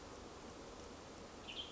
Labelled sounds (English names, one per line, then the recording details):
Western Tanager
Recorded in Sonoma County, California